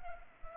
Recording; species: mosquito wingbeat signal from an infrared sensor; Culex pipiens